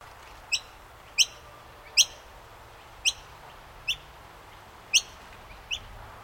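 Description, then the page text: Noisy miner calls, short sharp bright notes repeated about every second, seven in all, over a faint low steady background hiss. Call; birds in Queensland. "Bird Noisy Miner Call 03. Birds in Queensland"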